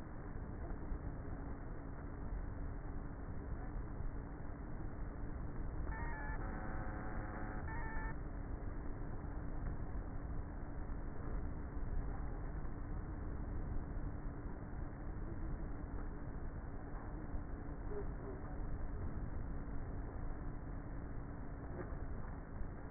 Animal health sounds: honeybee colony, microphone inside the hive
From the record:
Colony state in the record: queenless with a low population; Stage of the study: before two queens were removed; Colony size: about 30,000 bees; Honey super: no

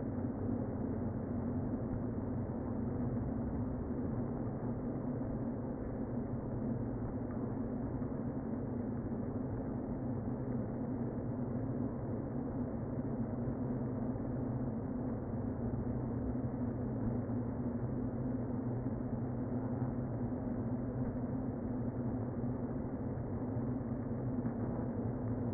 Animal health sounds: honeybee colony, microphone inside the hive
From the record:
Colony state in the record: queen present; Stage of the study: before two queens were removed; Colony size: about 60,000 bees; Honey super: yes

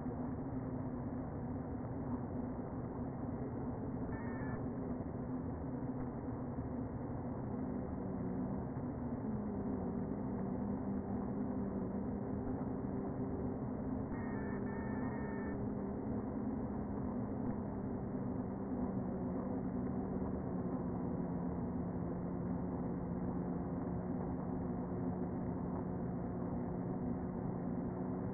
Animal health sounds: honeybee colony, microphone inside the hive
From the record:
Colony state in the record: queen present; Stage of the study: before two queens were removed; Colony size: about 60,000 bees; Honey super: yes

